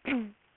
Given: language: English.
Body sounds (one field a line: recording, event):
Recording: throat vibration sensor signal played as sound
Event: throat clearing